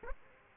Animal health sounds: mosquito wingbeat signal from an infrared sensor; Aedes aegypti

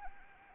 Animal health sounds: mosquito wingbeat signal from an infrared sensor; Anopheles arabiensis

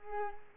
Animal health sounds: mosquito wingbeat signal from an infrared sensor; Culex pipiens

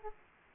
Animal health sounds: mosquito wingbeat signal from an infrared sensor; Aedes aegypti

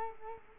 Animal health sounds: mosquito wingbeat signal from an infrared sensor; Culex quinquefasciatus

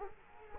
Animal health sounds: mosquito wingbeat signal from an infrared sensor; Culex quinquefasciatus

